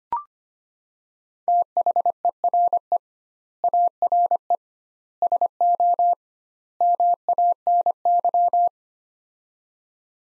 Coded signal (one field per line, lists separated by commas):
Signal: Morse code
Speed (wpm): 25 wpm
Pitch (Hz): 700 Hz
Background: none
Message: THERE ARE SO MANY